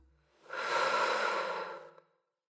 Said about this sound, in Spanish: De nuevo, inspira lentamente por la nariz y saca todo el aire por la boca. Una última vez, inspira por la nariz y saca todo el aire por la boca.